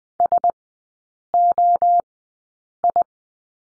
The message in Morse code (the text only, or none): S O I